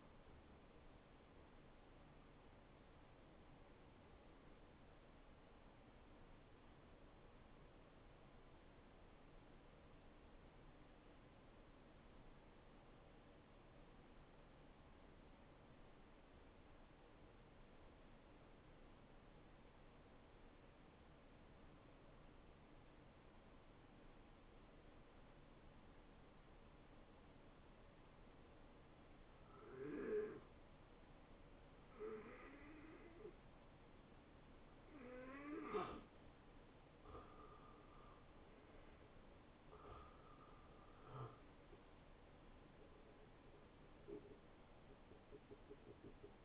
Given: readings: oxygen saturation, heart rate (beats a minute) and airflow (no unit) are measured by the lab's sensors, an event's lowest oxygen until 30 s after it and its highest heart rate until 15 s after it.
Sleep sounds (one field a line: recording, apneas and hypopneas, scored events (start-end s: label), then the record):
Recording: breathing in sleep by a voice recorder at the bedside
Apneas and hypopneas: 1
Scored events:
4.00-33.90 s: hypopnea (N1, oxygen 95% highest, then 88% lowest, heart rate 72 at the start, 77 highest)
From the record:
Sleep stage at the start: N1 (lightest sleep)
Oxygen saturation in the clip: 85 to 95%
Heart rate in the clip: 64 to 77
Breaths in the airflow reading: 8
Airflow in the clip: -18.8 to 10.3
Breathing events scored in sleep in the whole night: 263 in 5.5 hours asleep